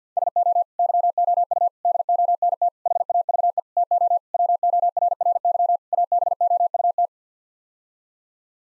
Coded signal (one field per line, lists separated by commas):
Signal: Morse code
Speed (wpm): 50 wpm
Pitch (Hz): 700 Hz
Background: none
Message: SO YOU DONT HAVE TO WORRY ABOUT